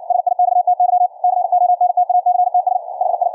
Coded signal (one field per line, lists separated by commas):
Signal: Morse code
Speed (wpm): 64 wpm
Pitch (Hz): 700 Hz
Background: radio noise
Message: SIXTY CONTACTS HI